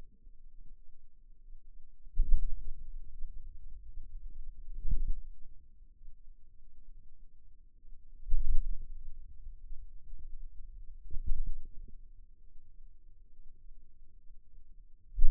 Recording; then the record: forearm muscle sounds (acoustic myography)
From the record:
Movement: hand closing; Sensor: system 2, bracelet of six BSWA MPA416 microphones around the upper forearm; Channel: 1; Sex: male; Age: 22 years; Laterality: right